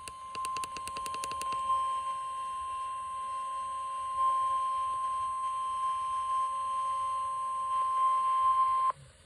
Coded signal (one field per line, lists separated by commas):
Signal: Emergency Alert System (SAME) tones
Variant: 1050 Hz attention tone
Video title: Unexpected FFW EAS TAE (Little Deviousness)